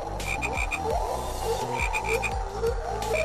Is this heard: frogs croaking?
yes